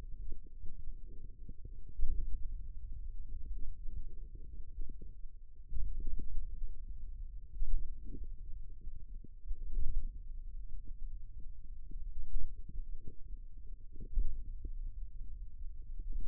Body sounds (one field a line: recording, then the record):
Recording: forearm muscle sounds (acoustic myography)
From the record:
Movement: pen grasping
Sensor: system 2, bracelet of six BSWA MPA416 microphones around the upper forearm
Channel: 2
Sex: male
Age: 22 years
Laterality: right